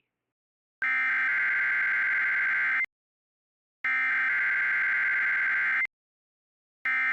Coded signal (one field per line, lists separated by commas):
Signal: Emergency Alert System (SAME) tones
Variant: header bursts